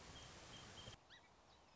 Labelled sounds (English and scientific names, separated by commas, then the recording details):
Song Sparrow (Melospiza melodia)
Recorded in Sonoma County, California